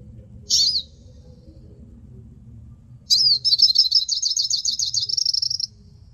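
Hooded siskin: one short high note, then a steady, fast trill of repeated buzzy notes lasting about two and a half seconds against a faint background hum.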